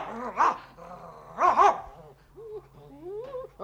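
A dog, Dingo, gives two loud, sharp barks about a second apart, then lets out softer rising whines and whimpers as the sound trails off.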